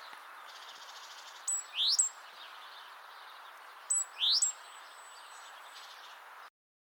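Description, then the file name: Great tit call given twice, each a sharp high note and then a fast rising sweep, about two and a half seconds apart, over a steady hiss. "Parus major"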